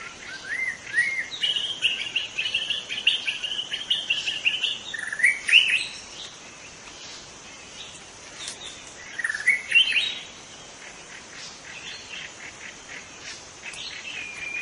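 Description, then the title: White-rumped shama song of long, varied, loud whistled phrases, warbling up and down with sharp accents, against a steady insect drone. Singing in forest; local name murai batu hutan. "Suara burung murai batu hutan"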